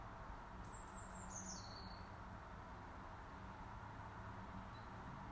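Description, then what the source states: Eurasian blue tit call, a single high thin series of notes stepping downward and ending on a lower drawn-out note, with constant low background hum. Call type 2.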